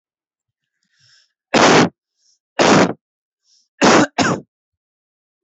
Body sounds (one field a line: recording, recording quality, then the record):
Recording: heavy voluntary cough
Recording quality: excellent, no background noise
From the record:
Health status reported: healthy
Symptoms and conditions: none ticked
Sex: male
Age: 24 years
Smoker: not ticked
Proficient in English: yes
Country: India